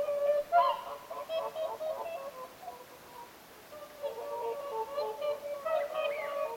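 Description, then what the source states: Whooper swans giving repeated nasal, trumpeting calls that overlap from several birds, with a short quieter pause in the middle. Several whooper swans calling at Lintulahti on 6 November 2025.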